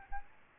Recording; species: mosquito wingbeat signal from an infrared sensor; Aedes albopictus